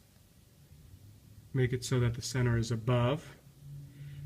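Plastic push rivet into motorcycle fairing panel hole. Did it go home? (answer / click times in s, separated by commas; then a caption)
no / none. A plastic push rivet for a Kawasaki Ninja 300 motorcycle fairing panel hole is handled, its center pin raised above the head so it can go through the hole. Someone talks from about 1.5 to 3.2 seconds over a low, steady hum. Nothing has seated or clicked yet.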